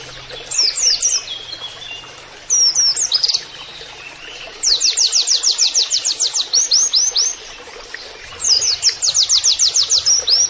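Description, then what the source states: White-eye delivering high, rapid trills in separate bursts, starting with short phrases and building to longer, steady runs of sharp notes. Persistently singing (gacor) white-eye (pleci) with canary-like phrases (nembak kenarian), used as masteran training audio.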